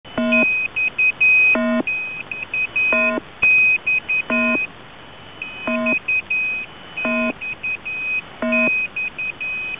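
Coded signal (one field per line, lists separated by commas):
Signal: channel marker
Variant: The Squeaky Wheel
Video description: "The Squeaky Wheel" is a Russian military station that broadcasts on 5367 kHz at daytime and on 3363.5 kHz at nighttime.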